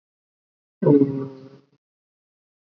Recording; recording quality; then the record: sustained vowel as in boot; excellent, no background noise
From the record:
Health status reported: COVID-19 positive, mild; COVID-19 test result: positive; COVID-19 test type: RT-PCR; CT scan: not taken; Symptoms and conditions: cough, sore throat, fever, fatigue, muscle pain, loss of smell and taste, asthma, hypertension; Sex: male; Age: 30 years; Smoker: yes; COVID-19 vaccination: both doses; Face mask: worn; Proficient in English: yes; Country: India